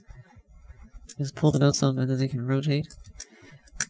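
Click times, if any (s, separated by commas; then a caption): 3.8 s. Someone talks while a tight plastic ball-joint missile launcher is pulled out to rotate, then pushed back into a model kit backpack. A sharp snap at 3.8 s marks the small tab dropping into the grooves, and the missile pod joint locks in place.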